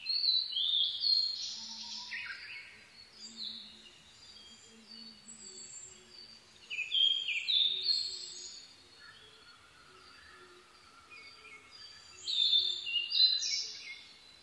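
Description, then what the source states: Blue-and-white flycatcher delivering three separate phrases of high whistles and warbled notes, with pauses between, and soft low calls from other birds underneath. Recorded 22 May 2011 at 04:34.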